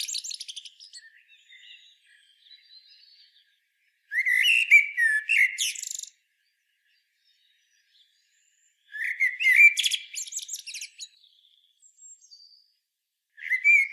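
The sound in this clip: Eurasian blackbird pouring out warbled whistled phrases with squeaky twittering ends, roughly every five seconds, with soft subdued twitters filling the gaps.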